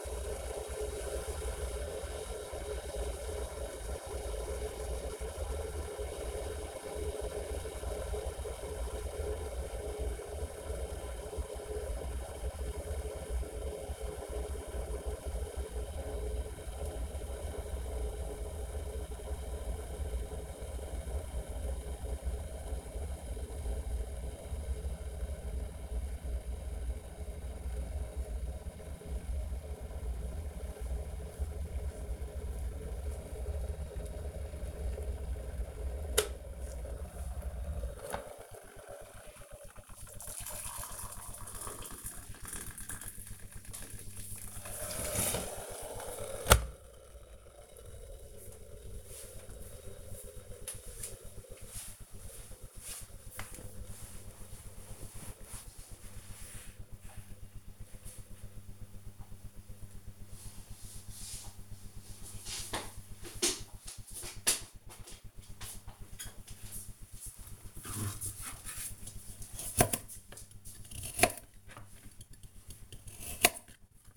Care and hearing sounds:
household activities, microphone on the right wrist
0.00-46.96 s: making tea
67.10-74.17 s: cutting vegetables

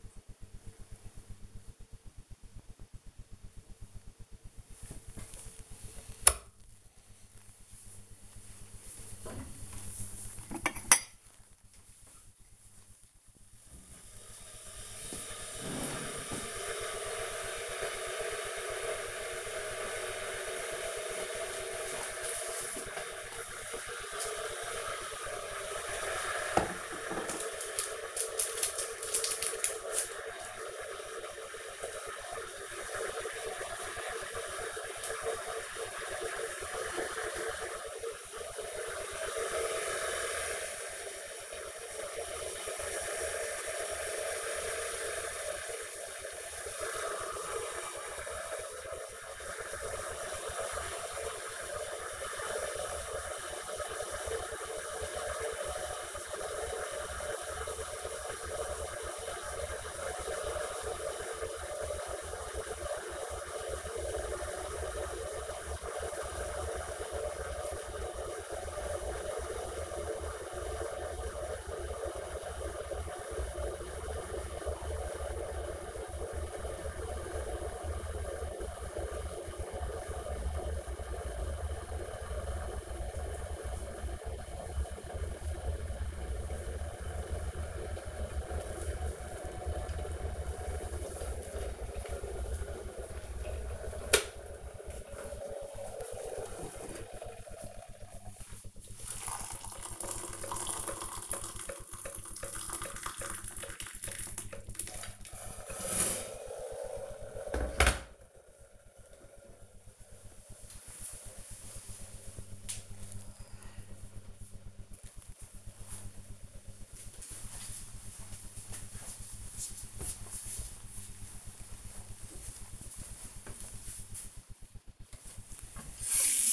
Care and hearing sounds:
household activities, microphone on the right wrist
4.66-108.48 s: making tea
124.60-126.53 s: washing hands

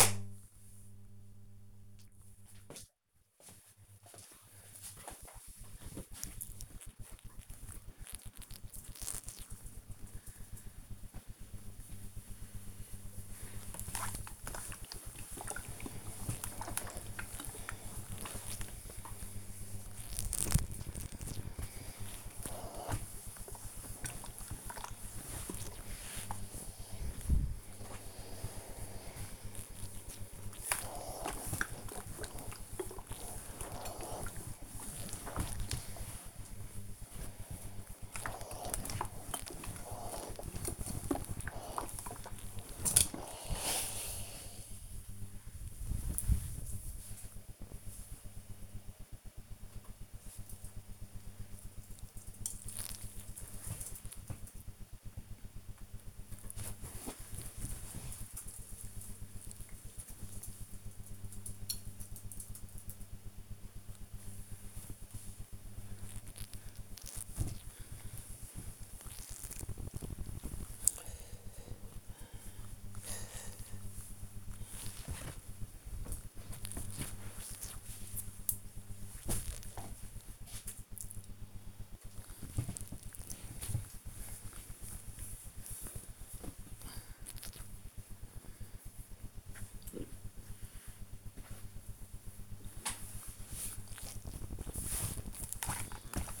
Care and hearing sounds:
household activities, microphone on the right wrist
4.55-48.74 s: ironing laundry
55.78-78.91 s: folding laundry
81.92-96.40 s: ironing laundry

